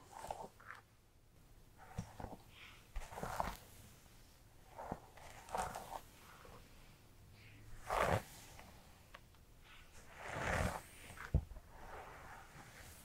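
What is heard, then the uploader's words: Hair handling: irregular bursts of brushing and rubbing against the scalp, with louder strokes around 3, 8 and 10–11 seconds. Quiet pauses separate the soft, rustling sweeps, and a few sharp clicks punctuate the sequence. ASMR Tingly Hairplay Brushing, Scalp Massage, Haircut (No Talking).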